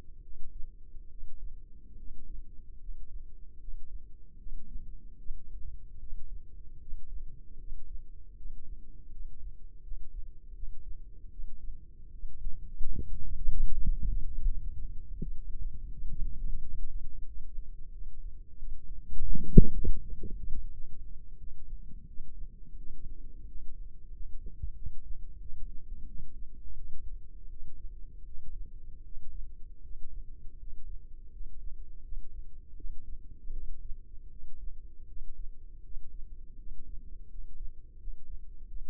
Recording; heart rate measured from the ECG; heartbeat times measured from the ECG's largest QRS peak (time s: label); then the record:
heart sounds by microphone in the left ear; 81 bpm
0.20 s: heartbeat
1.07 s: heartbeat
1.95 s: heartbeat
2.78 s: heartbeat
3.57 s: heartbeat
4.36 s: heartbeat
5.15 s: heartbeat
5.97 s: heartbeat
6.77 s: heartbeat
7.56 s: heartbeat
8.34 s: heartbeat
9.09 s: heartbeat
9.80 s: heartbeat
10.52 s: heartbeat
11.28 s: heartbeat
12.10 s: heartbeat
12.92 s: heartbeat
13.72 s: heartbeat
14.43 s: heartbeat
15.16 s: heartbeat
15.88 s: heartbeat
16.58 s: heartbeat
17.25 s: heartbeat
17.90 s: heartbeat
18.56 s: heartbeat
19.26 s: heartbeat
19.98 s: heartbeat
20.68 s: heartbeat
21.35 s: heartbeat
22.04 s: heartbeat
22.74 s: heartbeat
23.44 s: heartbeat
24.09 s: heartbeat
24.74 s: heartbeat
25.38 s: heartbeat
26.04 s: heartbeat
26.73 s: heartbeat
27.47 s: heartbeat
28.23 s: heartbeat
29.01 s: heartbeat
29.79 s: heartbeat
30.56 s: heartbeat
31.29 s: heartbeat
32.01 s: heartbeat
32.74 s: heartbeat
33.50 s: heartbeat
34.28 s: heartbeat
35.05 s: heartbeat
35.80 s: heartbeat
36.55 s: heartbeat
37.27 s: heartbeat
37.96 s: heartbeat
38.65 s: heartbeat
From the record:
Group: healthy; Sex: female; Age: 32 years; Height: 168 cm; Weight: 61.9 kg